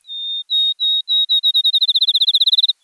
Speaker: A field sparrow announces the new day.